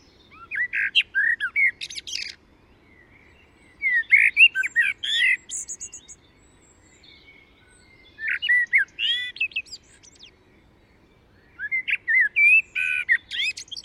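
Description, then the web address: Common blackbird song given as four phrases spaced a few seconds apart. Each starts with rich, fluty warbles and finishes in scratchy, high-pitched twitters. "SETE Turdus merula"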